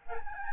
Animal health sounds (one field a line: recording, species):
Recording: mosquito wingbeat signal from an infrared sensor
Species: Aedes albopictus